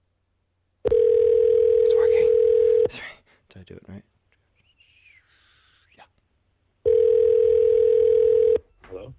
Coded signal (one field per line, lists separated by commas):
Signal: telephone call progress tone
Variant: North America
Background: speech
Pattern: ringback tone